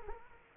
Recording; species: mosquito wingbeat signal from an infrared sensor; Aedes aegypti